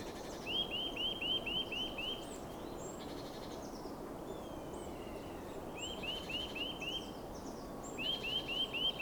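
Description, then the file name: Eurasian nuthatch repeating short runs of clear rising whistles, several notes per second, three bouts throughout, with faint bird twitters and constant background hiss. "Sitta europaea"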